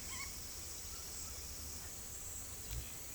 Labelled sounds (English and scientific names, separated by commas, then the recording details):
none
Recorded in secondary vegetation near Puerto Asís, Putumayo, Colombia, on 21 December 2024 at 17:30
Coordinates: 0.468, -76.324
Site G095